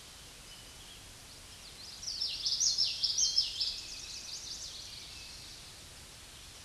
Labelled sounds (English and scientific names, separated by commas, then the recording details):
Common Yellowthroat (Geothlypis trichas) song
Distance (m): 15 m
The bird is about 5 m above the microphone
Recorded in a Pennsylvania forest on 16 May 2024 at 06:44
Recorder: AudioMoth, point MSD-1342
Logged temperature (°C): 15.5 °C
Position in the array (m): 231 m, 175 m